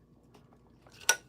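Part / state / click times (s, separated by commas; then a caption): purge wiper onto 3D printer frame / not seated / none. A plastic purge wiper and waste collector piece is pressed onto a 3D printer frame, giving a few faint small taps and then one sharp plastic knock at about 1.1 s. Nothing has snapped or clicked into place yet; the wiper fails to snap in.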